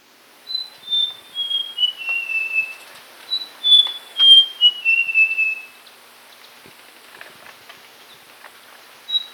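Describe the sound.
Papuan logrunner whistling two falling series of clear notes, then a few quiet seconds before another phrase begins.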